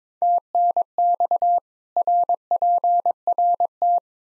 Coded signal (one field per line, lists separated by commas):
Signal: Morse code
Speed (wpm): 22 wpm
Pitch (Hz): 700 Hz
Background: none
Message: TNX RPRT